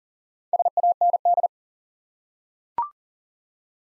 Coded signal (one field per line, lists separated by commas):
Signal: Morse code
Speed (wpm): 40 wpm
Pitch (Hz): 700 Hz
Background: none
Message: SAND